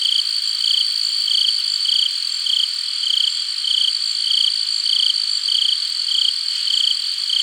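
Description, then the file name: Cricket chirps, short high trills repeating steadily, set against an unbroken high-pitched chorus of insects. "Crickets - Hard"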